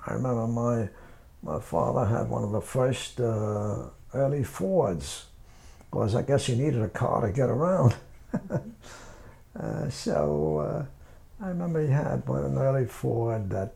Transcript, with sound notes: I remember my – my father had one of the first early Fords, 'Cause I guess you needed a car to get around. (he laughs) So, I remember he had one, an early Ford that